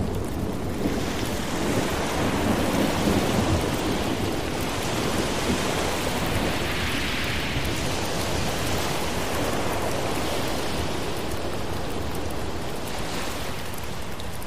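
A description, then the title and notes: Heavy rain pours in a steady, dense roar through the whole clip, with a deep low rumble underneath that could be thunder or surf. The level barely changes, though a brighter hiss swells briefly around seven seconds and again near thirteen. Thunderstorm Rain Sounds With Ocean Waves.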